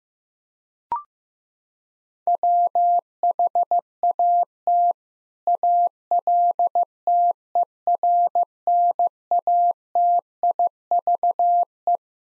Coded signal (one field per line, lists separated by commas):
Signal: Morse code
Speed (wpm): 15 wpm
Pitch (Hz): 700 Hz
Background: none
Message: WHAT ALTERNATIVE